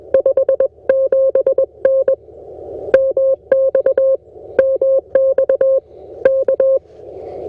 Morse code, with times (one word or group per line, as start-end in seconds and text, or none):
0.1-2.1 57N
2.9-4.2 MX
4.6-5.8 MX
6.2-6.8 K